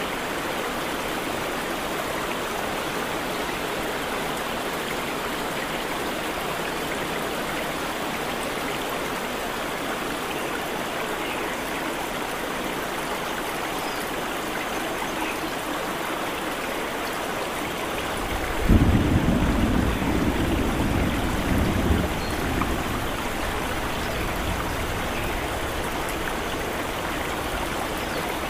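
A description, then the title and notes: Rain falls in a steady, dense hiss that barely changes over the whole stretch. Just before the 19-second mark a low rumble of thunder swells in, lingering for a few seconds before fading back beneath the rain. Relaxing Rain Sounds With Distant Thunder.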